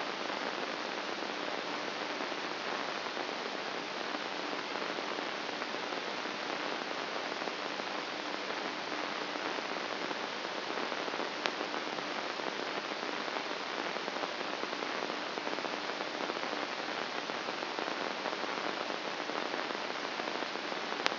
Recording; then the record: brain microelectrode recording played as sound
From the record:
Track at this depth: inside the subthalamic nucleus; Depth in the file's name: 8.137 mm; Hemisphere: left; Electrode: 2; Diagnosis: Parkinson's disease